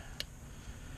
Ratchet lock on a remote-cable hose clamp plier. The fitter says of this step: it locks into place,